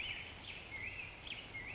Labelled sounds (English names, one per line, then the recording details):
Black-headed Grosbeak
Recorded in Sonoma County, California